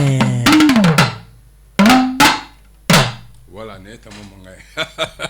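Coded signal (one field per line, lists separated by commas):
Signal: talking drum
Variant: Malian tamani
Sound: several sharp drum strokes with rising and falling pitch, then a man speaking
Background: speech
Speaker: ne kɔni ye tama mankan mɛn et je sais que a bɛ ka fɛn dɔ de fɔ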